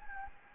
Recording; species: mosquito wingbeat signal from an infrared sensor; Anopheles gambiae